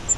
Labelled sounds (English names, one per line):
Grace's Warbler flight call